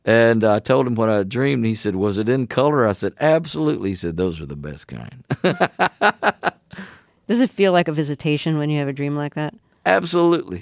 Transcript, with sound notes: And I told him what I had dreamed. And he said, was it in color? I said, absolutely. He said, those are the best kind. (Laughter).
Does it feel like a visitation when you have a dream like that?
Absolutely.